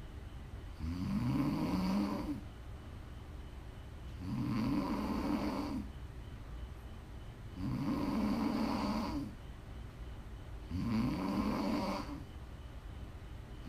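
Steady, regular ASMR snoring in an adult woman during sleep, about 19 snores a minute, with quiet gaps between them. Each inhaled snore lasts around a second and a half and has a low, rumbling, buzzing tone, typical of ordinary sleep snoring.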